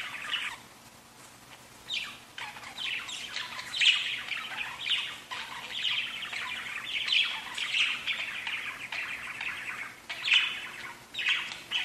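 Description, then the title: Budgerigar chatter, quieter at first then a steady run of scratchy warbles and chirps, with sharper squeaks breaking through now and then. "Budgie Sounds"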